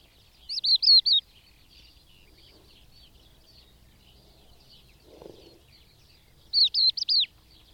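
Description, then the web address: Bird song, two loud bursts of four quick, sharp, high notes about six seconds apart, with soft twittering between them. "madarak enek"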